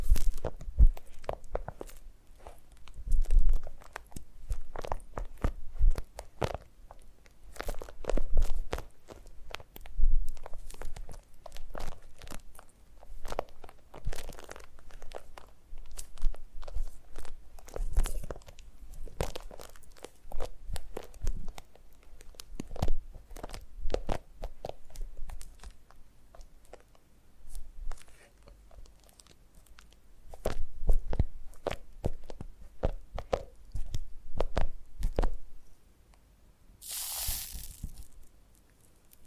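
Foam massage: dense, irregular crackling and squishy crunches throughout, with soft low rubbing underneath and one bright hiss near the end.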